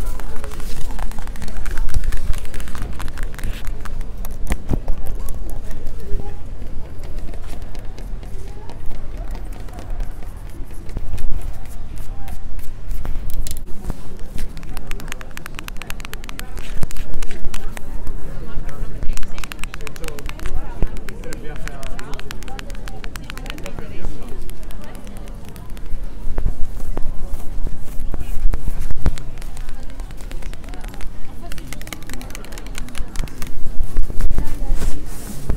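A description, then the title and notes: A busy Christmas market, with many people talking at once, constant. Quick footsteps and small knocks tap through the whole stretch, and a low steady hum sits under the crowd for the first dozen seconds before fading into the chatter. ASMR at a Christmas Market (PUBLIC ASMR).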